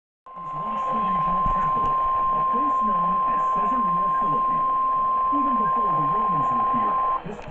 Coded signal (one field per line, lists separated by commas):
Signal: Emergency Alert System (SAME) tones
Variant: 1050 Hz attention tone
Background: speech